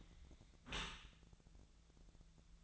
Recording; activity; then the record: daily activity, microphone in the room; close dishwasher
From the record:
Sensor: 3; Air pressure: 1000.5 hPa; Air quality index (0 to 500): 174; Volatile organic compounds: 3 ppm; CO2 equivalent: 1508 ppm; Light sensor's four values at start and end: 13/35/14/15 and 13/35/14/15